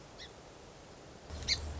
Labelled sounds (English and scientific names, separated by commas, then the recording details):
Song Sparrow (Melospiza melodia)
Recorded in Sonoma County, California